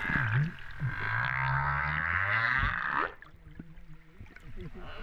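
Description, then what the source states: Humpback whale calls: a long, harsh, harmonic wail over low humming tones lasting about three seconds, followed by soft clicks and faint low grunts. Recorded off Réunion on 13 September 2011 at 08:35:04.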